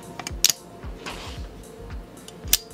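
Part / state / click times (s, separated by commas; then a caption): top half of a metal keyboard case onto the bottom half via ball-and-catch points / seated / 0.4 s, 2.5 s. The top half of a toolless metal Psycho 7 keyboard case is closed onto the bottom half, with its ball-and-catch attachment points snapping into place. Sharp metallic clicks are heard at 0.4 s and 2.5 s over quieter low thumps, and the case halves click shut with a satisfying, fully seated closure.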